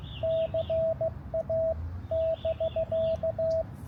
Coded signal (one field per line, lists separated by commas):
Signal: Morse code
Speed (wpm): 16 wpm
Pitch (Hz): 660 Hz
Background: radio noise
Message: CA<BK>